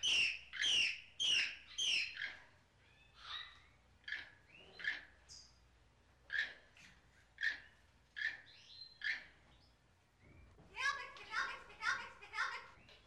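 Bird calls, loud sharp chirps repeated in quick runs, a pause with scattered single notes, then another fast burst of chirps near the end.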